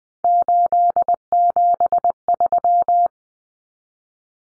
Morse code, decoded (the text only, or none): 873